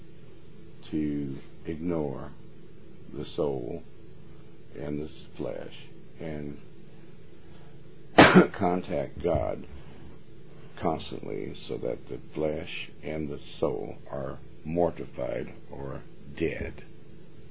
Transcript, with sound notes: to ignore the soul and this flesh and (coughs) contact God constantly so that the flesh and the soul are mortified or dead.